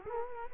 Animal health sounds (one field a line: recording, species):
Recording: mosquito wingbeat signal from an infrared sensor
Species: Culex quinquefasciatus